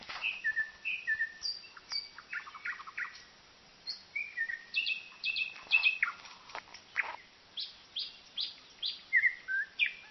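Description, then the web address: Common nightingale singing a busy mix of whistles, chirps and quick rattling bursts, nearly continuous with short gaps. Sung at night. "rossignol chant de nuit"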